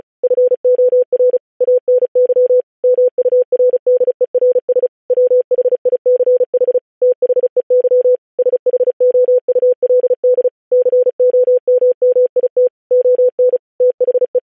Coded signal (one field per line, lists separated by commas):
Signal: Morse code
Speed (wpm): 36 wpm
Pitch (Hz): 500 Hz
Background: none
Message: FOR ANY MURDERS WHICH THEY SHOULD COMMIT ON THE